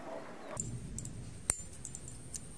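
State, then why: Seated. While rebuilding the front fork of an Xmax 300 during an oil and oil seal change, the metal lock clip (circlip) above the new oil seal is worked into its groove in the fork tube, starting from the top. Several faint metallic ticks sound as the clip is pushed around, then a sharp metallic snap at 1.5 s marks the clip locking into the groove.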